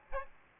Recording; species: mosquito wingbeat signal from an infrared sensor; Aedes albopictus